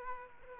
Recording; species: mosquito wingbeat signal from an infrared sensor; Aedes aegypti